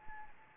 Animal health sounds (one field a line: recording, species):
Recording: mosquito wingbeat signal from an infrared sensor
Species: Anopheles arabiensis